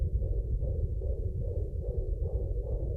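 Rapid rhythmic whooshing pulses, about 140 a minute, over low rumble: a fetal heartbeat heard at home on a fetal Doppler, a medical, maternity sound.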